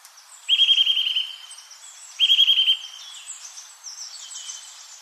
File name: Sitta europaea